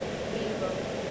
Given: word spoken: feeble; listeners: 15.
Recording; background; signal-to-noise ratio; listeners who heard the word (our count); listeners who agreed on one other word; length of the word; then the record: one English word in noise, from a listening test; speech-shaped noise; -4.5 dB; 1 of 15; 10 of 15; 0.71 s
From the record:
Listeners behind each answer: 10, 2, 1, 1, 1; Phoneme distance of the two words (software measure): 17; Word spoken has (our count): 2 syllables, 4 phonemes, stress on syllable 1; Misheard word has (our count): 2 syllables, 3 phonemes, stress on syllable 1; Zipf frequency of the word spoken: 3.16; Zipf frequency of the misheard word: 4.45